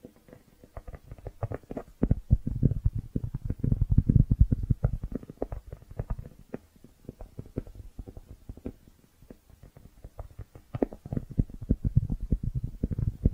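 Soft brushing mixed with squishy, wet textures, made up of dense, irregular strokes that sit mostly low and muffled. Activity swells between about two and five seconds and again after eleven, with quieter patches in between and gurgling, rumbling undertones throughout.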